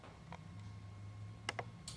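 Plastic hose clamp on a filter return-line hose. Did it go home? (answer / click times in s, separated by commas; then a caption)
yes / 0.3 s, 1.5 s, 1.6 s, 1.9 s. A plastic alligator-style ratchet hose clamp, chosen over metal because metal rusts in saltwater, is fitted around a wet/dry filter return-line hose and squeezed shut. Sharp ratchet ticks are heard at 0.3, 1.5, 1.6 and 1.9 seconds over a low steady hum as the teeth engage. The clamp clicks closed and is seated.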